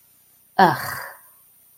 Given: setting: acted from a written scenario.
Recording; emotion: vocal sound without words; contempt